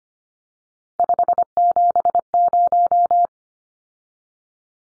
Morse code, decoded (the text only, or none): 570